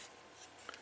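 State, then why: Not seated. A plastic connector part of a TFC Toys Ares combining robot toy is handled and fitted toward its socket, giving soft rubbing and light scraping sounds. The part has not seated or clicked home yet.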